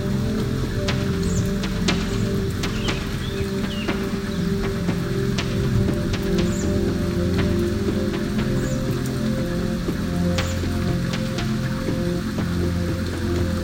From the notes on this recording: Actual recording of a thunderstorm